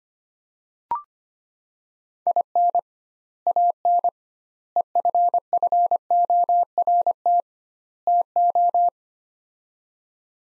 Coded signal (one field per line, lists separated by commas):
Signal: Morse code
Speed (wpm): 25 wpm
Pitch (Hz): 700 Hz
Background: none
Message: IN AN EFFORT TO